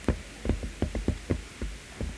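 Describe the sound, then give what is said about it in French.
A rapid, uneven series of about nine short, low booming thumps, explosion sound effects triggered by tapping small metal buttons on a table with hammers, with no talking. “Ah ouais, et donc ça fait des bruits d'explosion.”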